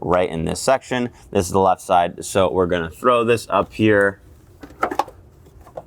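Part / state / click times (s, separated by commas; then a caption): plastic aero duct onto underbody mounts / seated / 4.8 s, 5.0 s. Someone talks while the left-side, side-specific plastic rear aero duct is pushed up under a 2022-present Volkswagen Mk8 Golf R (or GTI) and pressed over its underbody mounts during a rear sway bar bushing replacement. After the talking stops, two sharp snaps at 4.8 s and 5.0 s mark the duct popping into place, seated, followed by a faint tap near the end.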